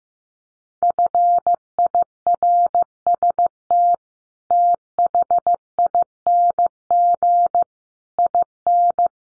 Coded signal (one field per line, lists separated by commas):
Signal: Morse code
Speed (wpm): 15 wpm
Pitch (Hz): 700 Hz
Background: none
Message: FIRST THING IN